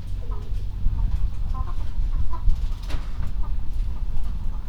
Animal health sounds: poultry house recording; healthy chickens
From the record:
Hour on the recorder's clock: 21

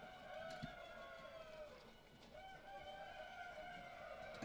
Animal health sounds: poultry house recording; healthy chickens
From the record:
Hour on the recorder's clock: 18

